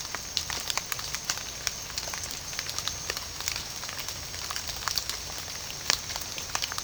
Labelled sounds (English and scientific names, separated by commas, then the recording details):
none
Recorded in pastures near Puerto Asís, Putumayo, Colombia, on 24 June 2025 at 18:00
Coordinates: 0.497, -76.327
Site G040